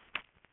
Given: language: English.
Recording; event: throat vibration sensor signal played as sound; swallow